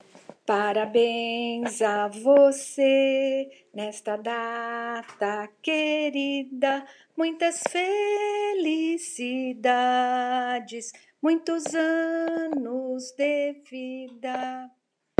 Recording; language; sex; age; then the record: short text; Brazilian Portuguese; female; 60 to 69 years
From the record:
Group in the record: control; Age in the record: 63 years